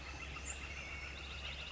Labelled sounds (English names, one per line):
Northern Flicker